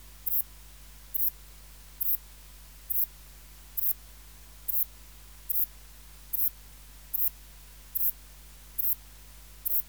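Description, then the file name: Ephippiger cruciger song: a regular series of brief, high-pitched chirps, with a soft low hum throughout. "Ephippiger cruciger"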